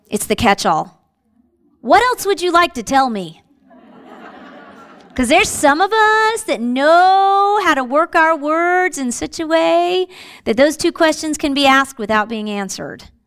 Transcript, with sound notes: It’s the catch all: What else would you like to tell me? (Laughter) There are some of us that know how to work our words in such a way that those two questions can be asked without being answered.